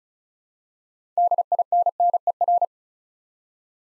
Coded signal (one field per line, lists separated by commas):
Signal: Morse code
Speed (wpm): 36 wpm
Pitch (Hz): 700 Hz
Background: none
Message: DINNER